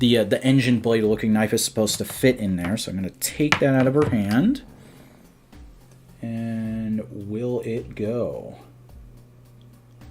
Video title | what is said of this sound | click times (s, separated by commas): An Unboxing from the Warehouse - Toystream 3/20/2023 | uh yeah it actually kind of clicks into place there look at that um | 9.6 s